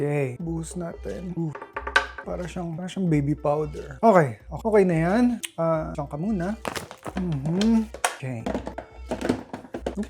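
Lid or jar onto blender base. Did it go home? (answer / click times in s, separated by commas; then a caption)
no / none. Someone talks while pouring pistachio powder, then tries to fit and twist a lid or jar onto a blender or grinder base. Several short thunks are heard from about 8.7 to 9.9 seconds. The lid does not lock, and nothing has seated or clicked yet.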